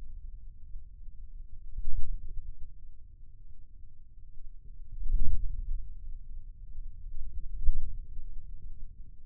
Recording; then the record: forearm muscle sounds (acoustic myography)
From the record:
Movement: hand closing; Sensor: system 2, bracelet of six BSWA MPA416 microphones around the upper forearm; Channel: 6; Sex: male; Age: 22 years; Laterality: right